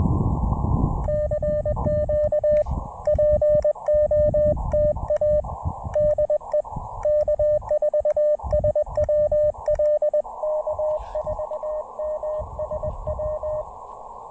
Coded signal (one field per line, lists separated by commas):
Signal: Morse code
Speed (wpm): 21 wpm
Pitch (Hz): 600 Hz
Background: none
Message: CQ POTA DE K4SWL K4MSW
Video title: Brunswick Town SHS POTA: Battling the bands with two field antennas and one cool new AX1 accessory!